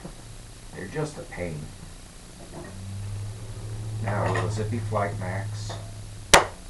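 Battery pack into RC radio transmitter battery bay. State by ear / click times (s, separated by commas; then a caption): seated / 6.3 s. A 1800 mAh battery pack is pushed into the battery bay of an RC radio transmitter while someone talks. A single sharp click at 6.3 seconds shows the pack snapping into place and seating.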